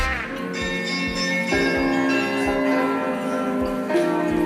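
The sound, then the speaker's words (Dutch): Bells of the Dom Tower in Utrecht, Netherlands, ring loudly and continuously, overlapping tones sustaining while fresh strikes join in every second or so over a steady low pulsing hum; no one speaks. “En dan, binnenkort kun je weer klok kijken op de Domtoren van Utrecht.”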